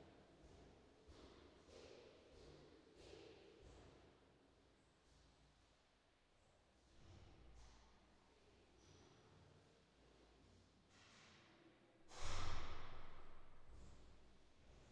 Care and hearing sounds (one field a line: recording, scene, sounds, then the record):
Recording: everyday scene through a hearing-aid microphone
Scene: reverberant space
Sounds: background noise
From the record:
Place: staircase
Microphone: in the ear canal, left